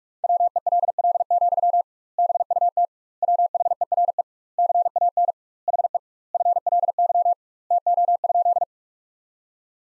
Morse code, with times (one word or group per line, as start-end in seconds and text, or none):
0.2-1.8 WELL,
2.2-2.9 BUT
3.2-4.2 WHERE
4.6-5.3 CAN
5.7-6.0 HE
6.3-7.3 FLY
7.7-8.6 TO?